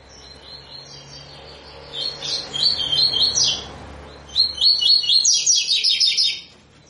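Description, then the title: Double-collared seedeater giving two fast high phrases of rapidly repeated warbling notes, the second louder, with faint low hum behind. Tui-tui song style of a spirited ('fibra') bird, a teacher song used for training young birds. "COLEIRO TUI TUI FIBRA CANTO PROFESSOR"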